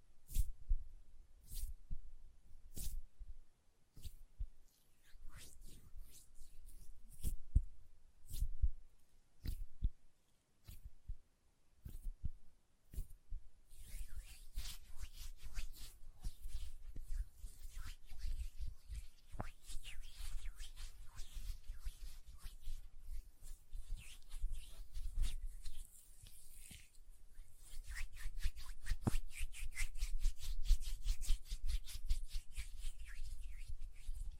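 Hand sounds with nail tapping: sharp, spaced taps early on, then denser rustling and quick clicks that thicken and brighten toward the end.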